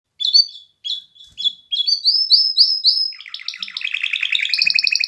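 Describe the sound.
Canary singing: a few short chirps, then a run of slurred whistled notes, followed by a fast buzzy trill stacked in layers.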